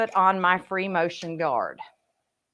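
Someone talks while a plastic free motion guard is handled near a sewing machine presser foot, ready to be pressed onto it. The voice stops around 1.9 seconds and the rest is near silence. The guard has not seated or clicked onto the foot yet.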